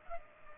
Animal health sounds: mosquito wingbeat signal from an infrared sensor; Culex pipiens

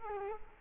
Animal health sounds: mosquito wingbeat signal from an infrared sensor; Culex quinquefasciatus

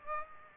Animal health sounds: mosquito wingbeat signal from an infrared sensor; Aedes aegypti

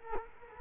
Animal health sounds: mosquito wingbeat signal from an infrared sensor; Culex quinquefasciatus

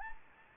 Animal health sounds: mosquito wingbeat signal from an infrared sensor; Anopheles gambiae

